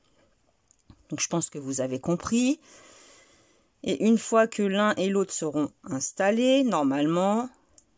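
Two halves of a plastic or metal clip clasp are handled on a crocheted gift while someone talks, with a few faint ticks near the start and end. Both halves are fitted to the crocheted pieces, but the clasp has not yet been pushed together, and nothing has seated or clicked yet.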